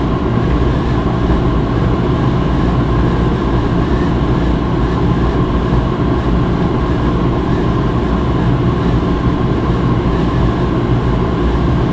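A clothes dryer in a laundromat rumbles on without a break, a dense, even roar weighted toward the low end with a steady hum underneath. The sound holds the same level throughout, with only a faint rhythmic flutter from the tumbling drum.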